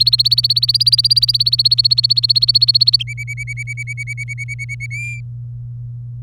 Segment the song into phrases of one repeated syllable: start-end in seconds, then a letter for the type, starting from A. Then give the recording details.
0.00-3.03 A, 3.07-4.86 B, 4.91-5.20 C. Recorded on 24 April 2018 at 07:49. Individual llb3